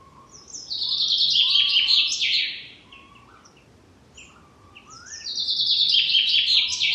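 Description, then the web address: Common chaffinch singing: a quick cascading trill of sharp, high notes ending in a flourish, then after a pause of a few seconds a second song begins. "Deverinetal"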